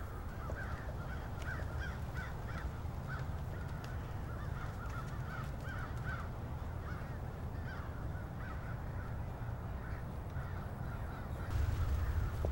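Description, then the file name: Crows cawing in scattered hoarse series, fairly fast and irregular, over a continuous deep rumble that grows louder at the end. Several crows. "multi-cinci crows"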